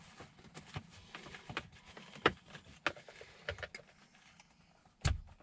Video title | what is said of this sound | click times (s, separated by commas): How to easily replace the gearshift knob on a 2016 Chevy Colorado | all right you hear the connector snap into place | 5.1 s